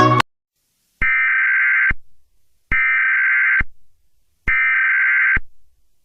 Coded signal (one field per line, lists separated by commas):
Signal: Emergency Alert System (SAME) tones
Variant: header bursts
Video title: EAS Scenario #4: The Singing Clergyman